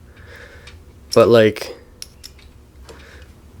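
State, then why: Not seated. A crimped spade terminal is pushed into a plastic plug housing from the wiring kit for a Revotec electric fan on a wide radiator in a Triumph Spitfire, while someone talks briefly. A few faint, sharp ticks and scrapes follow between about 2.0 and 2.9 seconds, but nothing clicks or latches; the terminal does not hold, because its tabs are too long to reach the latch inside.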